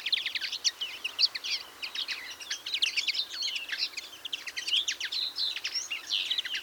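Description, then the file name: European greenfinch chattering calls, a continuous stream of quick chirps and trills with frequent louder bursts. "Chloris chloris"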